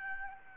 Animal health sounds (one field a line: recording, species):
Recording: mosquito wingbeat signal from an infrared sensor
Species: Aedes albopictus